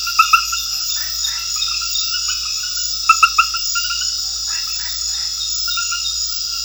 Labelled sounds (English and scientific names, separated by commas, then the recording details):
none
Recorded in secondary vegetation near Puerto Asís, Putumayo, Colombia, on 4 March 2025 at 22:00
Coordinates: 0.498, -76.327
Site G001